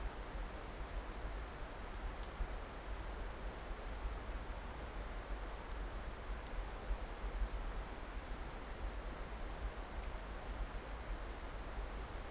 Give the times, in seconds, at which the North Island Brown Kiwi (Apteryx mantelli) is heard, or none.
none